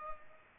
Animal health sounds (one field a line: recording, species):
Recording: mosquito wingbeat signal from an infrared sensor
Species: Culex pipiens